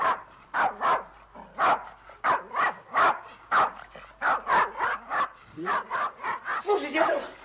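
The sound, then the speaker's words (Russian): A three-month-old puppy, just brought home from a bird market, yaps in a rapid string of short, high-pitched barks, about two or three a second, mixed with thin whining whimpers, ending in a rougher, noisier burst. “Николай Павлович совершил путешествие на птичий рынок, и в доме появилась собака.”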